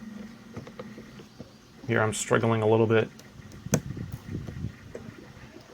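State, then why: Released. A screwdriver turns a tight, seized mounting screw on the fuel valve of an ATV fuel tank while the old valve is being removed. Someone talks while struggling with it, then a sharp snap at 3.7 s signals the screw breaking free. The screw is now loose.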